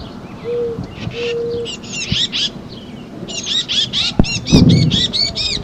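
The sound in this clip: Titmouse harsh calls, scratchy chatter starting sparse then building into a fast buzzy series, with a few dull knocks and a low drone in the background.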